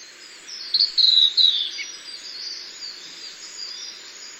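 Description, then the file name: Blue-and-white flycatcher song: a short phrase of thin, high whistles sliding downward, lasting about a second, then quiet with a faint background hiss. "ooruri"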